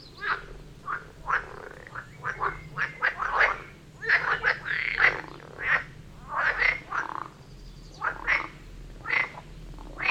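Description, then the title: Frogs calling in a loose chorus, bursts of croaks at irregular intervals, some callers louder than others. Frog concert near Vellerner Brook in Neubeckum at 2pm, recorded in binaural format for headphones. "Frog concert near Vellerner Brook in Neubeckum - 2pm - binaural version"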